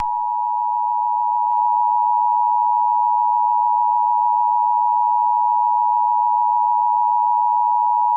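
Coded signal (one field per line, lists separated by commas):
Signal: Emergency Alert System (SAME) tones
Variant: 853 and 960 Hz attention tone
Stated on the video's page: Simulated EAS alert tones in a fictional alien invasion scenario.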